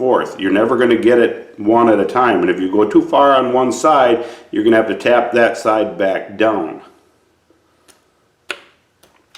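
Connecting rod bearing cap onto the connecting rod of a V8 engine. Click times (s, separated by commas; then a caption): 8.5 s. Someone talks while tapping the high side of a steel connecting-rod bearing cap down onto the connecting rod of a small-block Chevy V8 engine, rocking it side to side. After the talking, a few faint taps are followed by a sharp click at 8.5 s as one side of the cap moves down, while the other side still has to be tapped down.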